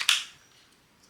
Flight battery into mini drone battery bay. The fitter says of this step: all battery is pretty simple to install you hear a click